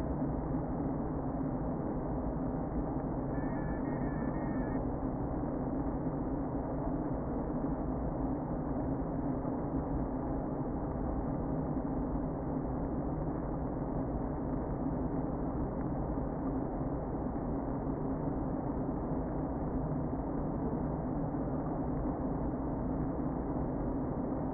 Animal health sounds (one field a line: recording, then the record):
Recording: honeybee colony, microphone inside the hive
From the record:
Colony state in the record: queen present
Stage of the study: before two queens were removed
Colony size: about 60,000 bees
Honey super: yes